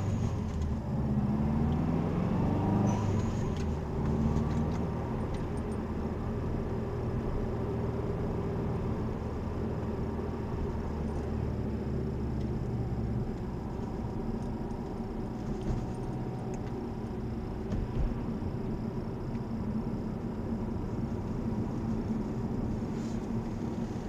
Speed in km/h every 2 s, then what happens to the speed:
33, 44, 47, 47, 47, 44, 38, 37, 37, 36, 36, 37.
0-3 speeds up to 47. 3-8 steady at about 47. 8-14 slows to 37. 14-24 steady at about 37.